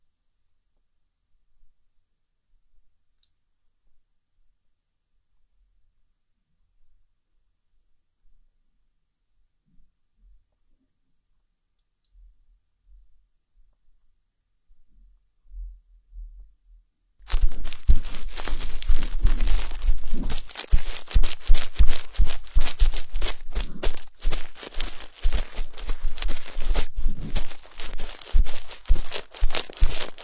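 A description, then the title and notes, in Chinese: Bonten ear cleaning: about seventeen seconds of near silence with faint low taps, then dense, crackling, scratchy fluffy rustling that continues to the end. 梵天掏耳。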